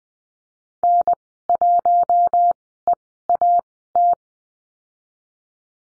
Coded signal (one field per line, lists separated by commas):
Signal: Morse code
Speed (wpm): 20 wpm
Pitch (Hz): 700 Hz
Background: none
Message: N1EAT